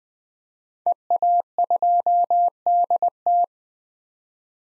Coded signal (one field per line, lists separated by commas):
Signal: Morse code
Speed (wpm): 20 wpm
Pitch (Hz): 700 Hz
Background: none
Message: EA2DT